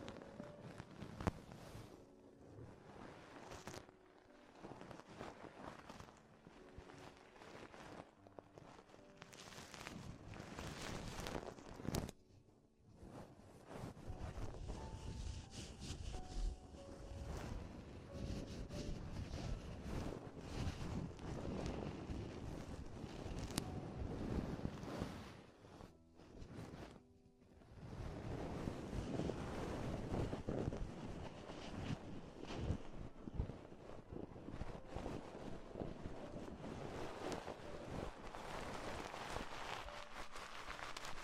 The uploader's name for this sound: Extremely Tingly Ear Exploration